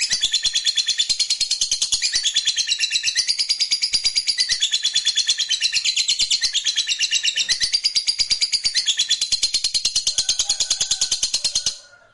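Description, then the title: Lovebird producing an unbroken, rapid, high-pitched chattering trill lasting nearly twelve seconds before stopping abruptly. Fighter lovebird giving a long ngekek trill. "Begitu Dengar Suara Lovebird FIGHTER NGEKEK PANJANG"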